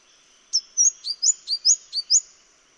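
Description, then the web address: Mistletoebird calling a rapid series of about four high-pitched paired notes, each a thin upward flick followed by a sharp whistled chip, evenly spaced over roughly one and a half seconds. "sound Mistletoebird. دانلود-صدای-پرنده-مرغ-دارواش"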